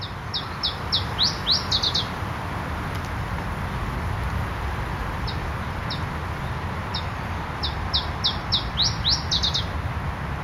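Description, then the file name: Iberian chiffchaff singing two phrases, each opening with separated high downslurred notes and speeding into a faster rising flourish at the close, with constant low rumble beneath. "iberischer zilpzalp"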